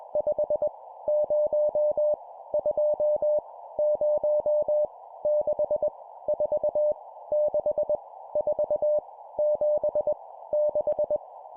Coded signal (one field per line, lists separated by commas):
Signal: Morse code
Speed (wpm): 20 wpm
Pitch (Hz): 600 Hz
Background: none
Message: 5 0 2 0 6 4 6 4 7 6